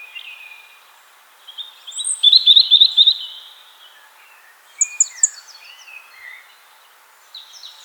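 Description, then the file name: European robin song: a high sliding whistle leading into a rapid tinkling trill, then a pause and a further burst of thin, varied notes. "Erithacus rubecula"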